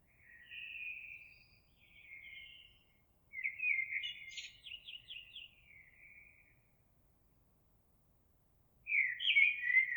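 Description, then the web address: Eurasian blackbird singing two soft fluty notes, a warbled phrase with a quick stuttered high trill, then after a pause another warbled phrase. Recorded 26 April 2022. "oiseaux Merle 2022 04 26"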